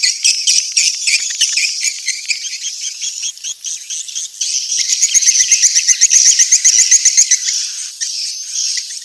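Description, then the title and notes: Swiftlet twittering: busy high chirps throughout, with a run of fast, pulsed notes in the second half. Sound used for swiftlet farming in Asia. "Swiflet Bird Sound. Farming Swiflet Bird asia sound"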